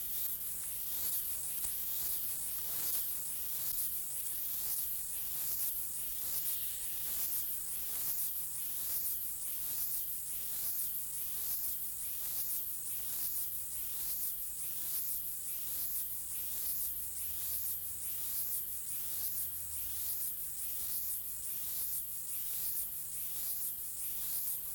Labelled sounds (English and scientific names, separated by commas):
Stripe-winged Grasshopper (Stenobothrus lineatus) stridulation